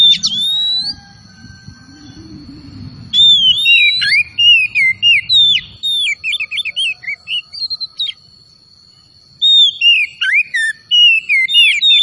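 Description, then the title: Oriental magpie-robin song of rapid whistled notes, slurs and chatter in bursts, with a steady high tone and low rumble early on. Singing vigorously (gacor). "Kacer Tretes Gacor"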